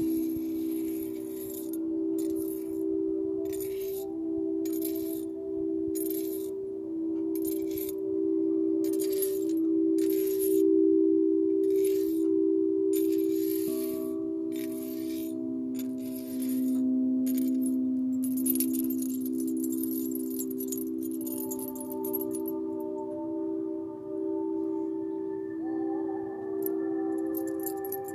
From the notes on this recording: Tibetan singing bowls, gypsy bracelet, Native American tribal drumming, the birds, wind chimes, kitties joining in